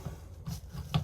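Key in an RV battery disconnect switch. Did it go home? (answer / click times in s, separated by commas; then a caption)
yes / 1.0 s. A key is put into the battery disconnect switch of a 2022 Mesa Ridge 284RLS RV, pressed and turned. After low background noise and a softer sound at 0.5 s, a sharp click is heard at 1.0 s (0.95 s) as the key seats in place.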